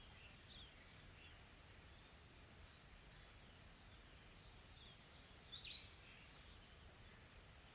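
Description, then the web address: Insects produce an even, very high drone throughout, with a few soft chirping notes from birds in the background. Calm tropical forest ambience in South Africa with soft insects calling. "Sonniss com - GDC 2020-Game Audio Bundle Smart Sound FX - Nature South Africa AMBIENCE Additional Tropical Forest Soft Insects Calm"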